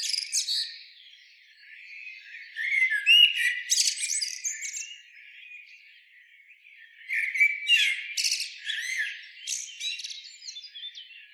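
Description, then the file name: Common blackbird twittering song, scratchy squeaky phrases with brief whistles, in bursts separated by quieter gaps. "Turdus merula"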